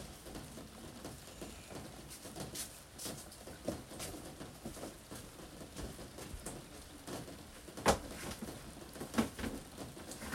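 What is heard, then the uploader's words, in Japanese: Rain falls on a roof in a dense, steady patter of soft taps and brighter ticks that never lets up. Occasional louder drips stand out, most sharply near eight seconds and again around nine, over a low, faint rumble underneath. 今日は梅雨の雨の日。屋根に降る雨の音。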